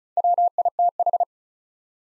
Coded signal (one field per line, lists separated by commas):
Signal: Morse code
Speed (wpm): 34 wpm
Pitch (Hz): 700 Hz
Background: none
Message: WITH